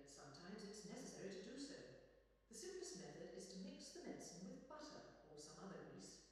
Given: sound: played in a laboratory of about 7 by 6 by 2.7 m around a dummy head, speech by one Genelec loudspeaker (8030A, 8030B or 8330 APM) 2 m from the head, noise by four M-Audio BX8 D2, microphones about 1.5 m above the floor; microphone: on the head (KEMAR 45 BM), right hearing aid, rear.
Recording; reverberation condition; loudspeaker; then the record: female speech in English; high; 120 degrees to the left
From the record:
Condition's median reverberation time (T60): about 1300 ms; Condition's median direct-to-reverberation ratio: about -4.0 dB